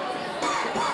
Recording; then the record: coughing mixed with background sound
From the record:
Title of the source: Spring Cold Coughing 2